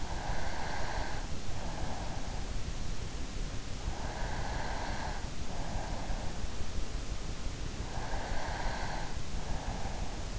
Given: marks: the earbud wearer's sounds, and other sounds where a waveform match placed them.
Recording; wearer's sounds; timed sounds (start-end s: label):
sounds in sleep by an in-ear microphone; breath
0.00-2.68 s: breath
3.94-6.57 s: breath
7.83-10.39 s: breath